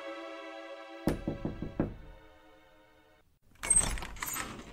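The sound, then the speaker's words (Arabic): Five quick, firm knocks on a door land in a steady rhythm over a soft sustained musical drone, followed after a pause by a burst of rustling, scraping noise. “بعينين أذاهما النور فتح الباب وتأملني غير مصدق.”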